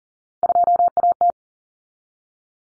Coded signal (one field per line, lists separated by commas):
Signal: Morse code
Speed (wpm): 40 wpm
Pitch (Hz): 700 Hz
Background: none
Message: 2AT